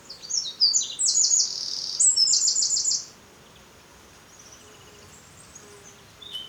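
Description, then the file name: Eurasian wren singing a rapid, piercing phrase of high twitters and buzzy trills for about three seconds, then near silence with a few faint high notes. "Troglodytes troglodytes"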